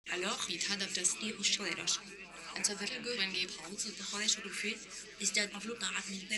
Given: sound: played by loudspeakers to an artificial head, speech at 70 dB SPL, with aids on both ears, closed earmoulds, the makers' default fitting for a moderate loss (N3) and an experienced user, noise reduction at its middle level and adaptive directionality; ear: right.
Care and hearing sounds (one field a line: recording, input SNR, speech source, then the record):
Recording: speech test signal (ISTS) in cocktail-party noise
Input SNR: +6 dB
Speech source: in front (0 degrees)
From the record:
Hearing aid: class 1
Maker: H